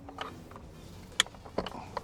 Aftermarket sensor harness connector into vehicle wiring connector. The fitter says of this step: Okay, so again, make sure that you hear the click.